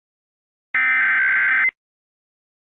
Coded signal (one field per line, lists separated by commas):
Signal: Emergency Alert System (SAME) tones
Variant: header bursts